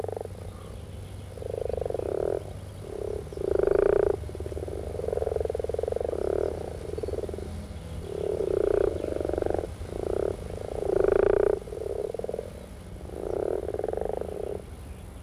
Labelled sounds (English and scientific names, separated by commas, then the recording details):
Common Frog (Rana temporaria) call
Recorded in the wild
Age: adult
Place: Berlin, OT Blankenfelde, Berlin, DE
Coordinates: 52.6167, 13.3833
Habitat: pond
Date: 1963-04-14 13:00
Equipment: Minifon, Kopie Smaragd
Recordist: Tembrock, Günter